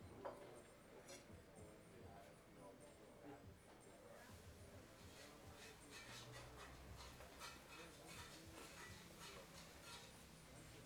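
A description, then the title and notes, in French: A late lunch in a restaurant: steady murmur of voices, frequent clinks of cutlery and dishes, and a low hum underneath. Déjeuner tardif au Rest Point Restaurant. Le Rest Point Restaurant, à la devanture verte et qui ne paye pas de mine est devenu en quelques jours notre petit QG sur le lakefront de Pokhara. Ambiance du service de midi.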